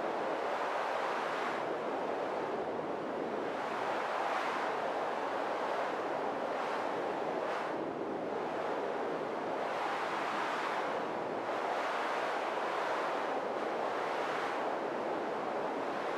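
Steady wind fills the recording with a dense, unbroken rush, strongest through the middle and upper range. Soft swells rise and fall every second or two, giving it a surf-like rhythm, while faint low rumbles sit underneath without any distinct events.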